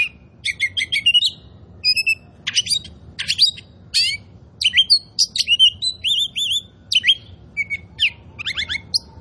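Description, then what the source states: Oriental magpie-robin delivering lively song of sharp chirps, slurred whistles and short trills, phrase after phrase, against quiet low background noise. Oriental magpie-robin of the kind called 'kacer poci' in Indonesian, described as 'gacor', singing actively and persistently.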